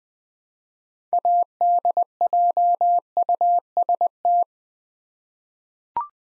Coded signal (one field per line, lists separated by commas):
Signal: Morse code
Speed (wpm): 20 wpm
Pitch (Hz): 700 Hz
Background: none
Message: ADJUST